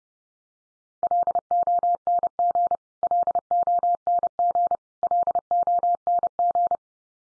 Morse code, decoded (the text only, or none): LONG LONG LONG